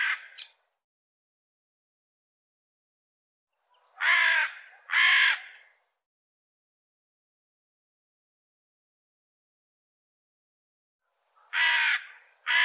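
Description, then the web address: Bird making hoarse caws, mostly in pairs, with long silent gaps of several seconds between bursts. "cianscape birddata Deverinetal Bird"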